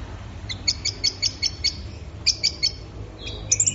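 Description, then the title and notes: Orange-headed thrush giving a series of high repeated chirping notes in two bursts, then a brief warbled flourish. Bird in full 'gacor' song, 'teler' style, recorded for training songbirds. "Anis Merah Gacor Teler. Suara Burung Anis"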